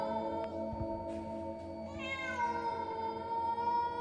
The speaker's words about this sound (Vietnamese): Đồng thời lúc này tiếng con mèo nhà hàng xóm, nó cứ ngoeo ngoao kêu ở bên hông nhà.